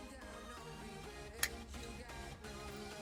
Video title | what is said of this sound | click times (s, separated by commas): BMW F30 RED Start/Stop Button Install! | as you can hear it's clicking off where it's spot at use | 1.4 s